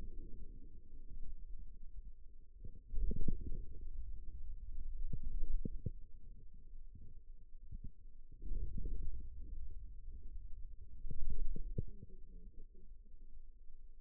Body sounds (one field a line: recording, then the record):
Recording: forearm muscle sounds (acoustic myography)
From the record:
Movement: wrist extension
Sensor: system 2, bracelet of six BSWA MPA416 microphones around the upper forearm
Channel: 3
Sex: male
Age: 22 years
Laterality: right